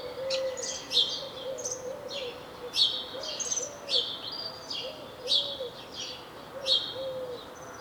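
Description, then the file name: House sparrow chirping busily, quick bright notes in short runs, with a low, steady tonal sound repeating underneath. "Passer domesticus"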